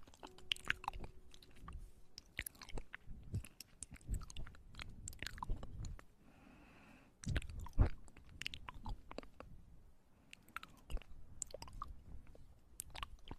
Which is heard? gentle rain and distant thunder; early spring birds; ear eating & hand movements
ear eating & hand movements